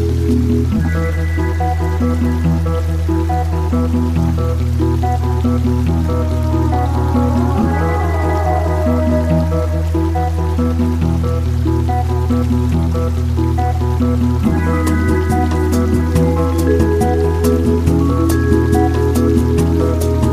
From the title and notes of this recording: Soothing Sounds of the Jungle Stream. Costa Rica.